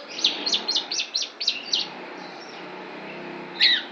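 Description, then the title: Lovebird song of quick repeated high chirps for under two seconds, a pause, then one lone chirp near the end. Lovebird imitating the song of the Javan prinia (ciblek). "Lovebird Suara Ciblek"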